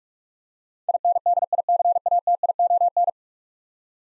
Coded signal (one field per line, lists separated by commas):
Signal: Morse code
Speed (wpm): 44 wpm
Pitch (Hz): 700 Hz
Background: none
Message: INDICATION